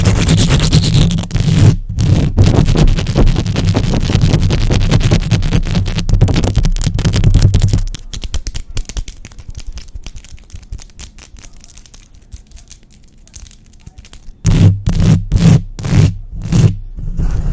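Fast, aggressive scratching and tapping on a microphone, loud and dense with a heavy low thump for the first eight seconds. It then drops to quieter, sparser ticks and scrapes before loud bursts of rubbing return near fifteen seconds.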